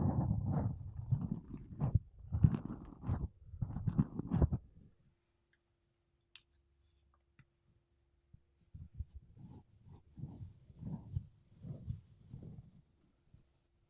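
Makeup brushes and a sponge rub against a microphone in soft, rhythmic swishes. A dense, low run of strokes fills the first four and a half seconds, then near silence with a faint tick, before lighter, quieter brushing resumes from about nine seconds to thirteen.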